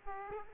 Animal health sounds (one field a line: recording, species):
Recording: mosquito wingbeat signal from an infrared sensor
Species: Aedes aegypti